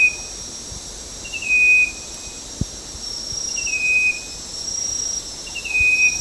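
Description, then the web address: Striped wren-babbler calls: a few short high whistles, each dropping slightly in pitch, spaced about two seconds apart, with constant shrill insect hum behind. Recorded at Danum on 9 August 2009. "DANUM 20090809. striped wren-babbler"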